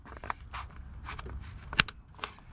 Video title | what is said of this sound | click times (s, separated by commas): 02-07 GMC ENVOY/ CHEVY TRAIL BLAZER/Bravada SPARK PLUG REPLACEMENT | and then you're gonna hear those snap in and then that's better | 0.3 s, 1.8 s